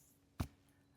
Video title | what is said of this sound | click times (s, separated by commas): Install Windshield Wiper Blades J Hook Style on Your Car, Truck, SUV Quick & Easy | then just pull up on it and then you'll feel it click in place and then just snap that cover down | 0.4 s